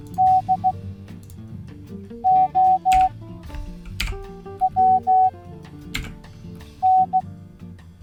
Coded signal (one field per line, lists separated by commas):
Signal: Morse code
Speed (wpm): 16 wpm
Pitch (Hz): 750 Hz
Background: music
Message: DOWN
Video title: Fastest Way to Learn Morse Code